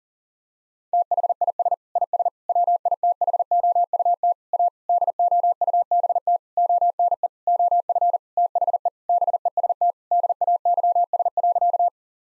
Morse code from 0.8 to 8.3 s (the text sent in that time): THIS IS WITHOUT A DOUBT ONE OF